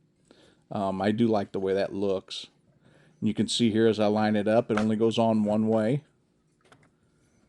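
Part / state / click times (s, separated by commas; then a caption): plastic locomotive body shell onto model locomotive chassis / seated / 6.7 s, 6.8 s. Someone talks while lining up the plastic body shell of a model train locomotive on its chassis, which only fits one way. The shell is pressed down and snaps into place with two quick clicks at 6.7 and 6.8 seconds, seating fully on the chassis.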